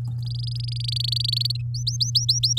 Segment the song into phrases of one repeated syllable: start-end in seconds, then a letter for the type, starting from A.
0.18-1.57 A, 1.74-2.59 B